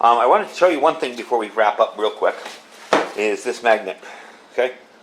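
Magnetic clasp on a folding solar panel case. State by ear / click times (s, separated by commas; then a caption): not seated / none. Someone talks while handling the magnetic clasp on the folding case of an OKMO OS100 100 Watt portable solar panel, just before the closure is dropped shut. The clasp has not snapped closed yet, and nothing has seated or clicked in the clip.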